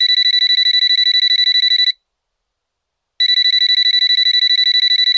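A mobile phone on a table rings and jumps about, with a shrill, rapidly trilling electronic tone in two long bursts separated by a short pause, loud and alone with no voices.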